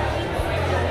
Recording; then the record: background sound without coughing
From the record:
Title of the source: CITY SOUNDS Busy Bar in the Evening Night - 2 HOURS of Ambiance for Relaxation